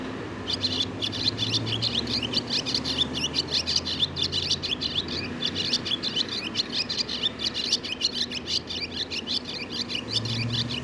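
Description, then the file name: Barn swallow twittering, continuous rapid chattering notes throughout over a steady low rumbling background. "Barn Swallow"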